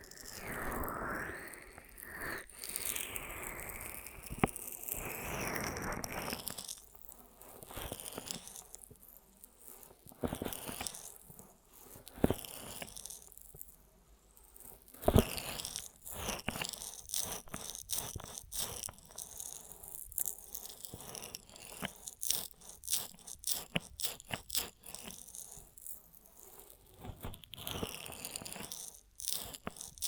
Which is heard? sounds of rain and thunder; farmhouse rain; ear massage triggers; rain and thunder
ear massage triggers